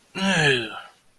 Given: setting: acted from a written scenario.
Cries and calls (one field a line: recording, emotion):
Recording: vocal sound without words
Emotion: disgust